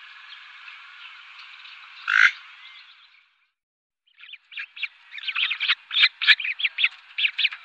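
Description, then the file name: Western swamphen giving a sharp harsh squawk, then after a pause a quick run of short clucking, cackling notes that grow louder and more crowded toward the end. "Purpurhona"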